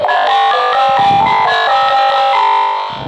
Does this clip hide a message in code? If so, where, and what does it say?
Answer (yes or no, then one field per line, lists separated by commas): no